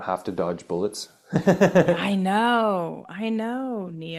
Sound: laughs

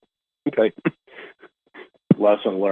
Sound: laughs

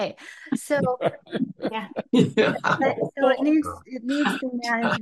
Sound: laughs

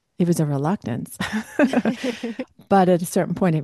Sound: laughs

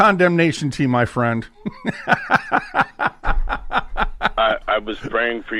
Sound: laughs

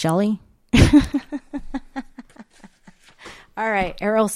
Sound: laughs

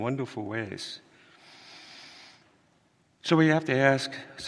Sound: inhales deeply

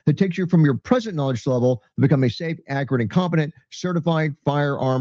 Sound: none

